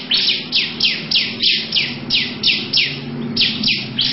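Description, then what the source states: Lovebird uttering raspy, falling chirps about three times a second against a steady low hum. Long "ngekek panjang" song.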